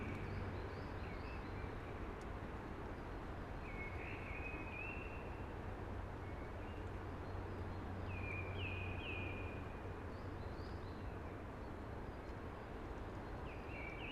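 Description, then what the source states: Eurasian blackbird giving short warbled whistles spaced several seconds apart, partly masked by a continuous rushing wind-like hiss and low rumble. Sings early, amongst hushing conifers.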